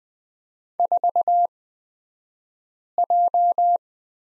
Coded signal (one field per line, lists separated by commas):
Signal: Morse code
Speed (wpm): 20 wpm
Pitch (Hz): 700 Hz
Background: none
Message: 4J